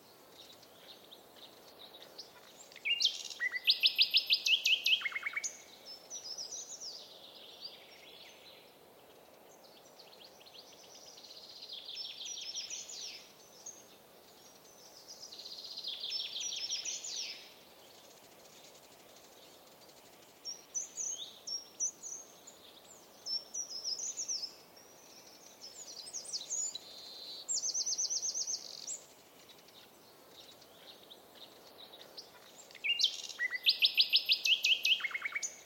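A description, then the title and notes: Forest ambience with a quiet, steady background hush and repeated bursts of high, bright birdsong. Louder chattering calls come near the start, around the middle and again at the end, with softer chirps scattered between them. Forest ambience. Birds.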